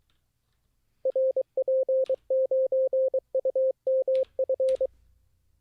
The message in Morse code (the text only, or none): RP9UMF